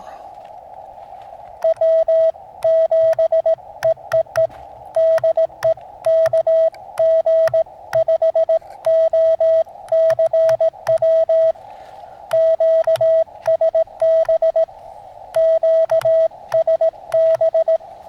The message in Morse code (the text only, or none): W7EEE DE KG5OCW QSB QSB